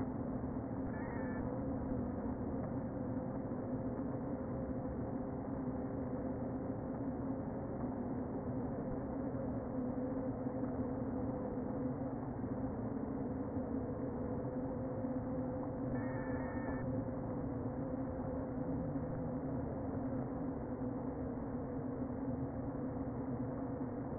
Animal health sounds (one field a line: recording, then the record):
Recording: honeybee colony, microphone inside the hive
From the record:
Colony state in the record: queen present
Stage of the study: before two queens were removed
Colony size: about 60,000 bees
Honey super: yes